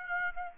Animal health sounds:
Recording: mosquito wingbeat signal from an infrared sensor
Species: Aedes aegypti

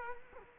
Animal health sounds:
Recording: mosquito wingbeat signal from an infrared sensor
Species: Culex quinquefasciatus

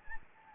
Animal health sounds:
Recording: mosquito wingbeat signal from an infrared sensor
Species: Anopheles gambiae

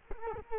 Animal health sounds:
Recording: mosquito wingbeat signal from an infrared sensor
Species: Culex quinquefasciatus

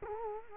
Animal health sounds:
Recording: mosquito wingbeat signal from an infrared sensor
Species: Culex quinquefasciatus

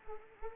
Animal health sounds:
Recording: mosquito wingbeat signal from an infrared sensor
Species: Anopheles arabiensis

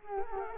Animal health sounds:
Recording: mosquito wingbeat signal from an infrared sensor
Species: Culex quinquefasciatus

